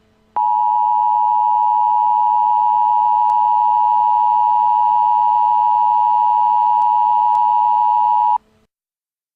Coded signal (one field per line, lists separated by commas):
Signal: Emergency Alert System (SAME) tones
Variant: 853 and 960 Hz attention tone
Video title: Emergency Alert System (continued) - LIAMS RANDOM INTROSPECTIVES